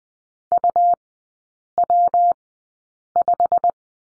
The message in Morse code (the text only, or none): UW5